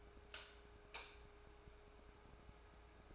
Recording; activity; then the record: daily activity, microphone in the room; light off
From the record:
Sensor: 2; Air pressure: 1010.1 hPa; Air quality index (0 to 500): 160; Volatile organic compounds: 7 ppm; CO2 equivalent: 2009 ppm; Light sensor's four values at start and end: 45/112/49/55 and 41/98/44/50